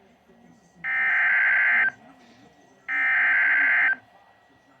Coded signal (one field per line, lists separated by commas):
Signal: Emergency Alert System (SAME) tones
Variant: header bursts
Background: speech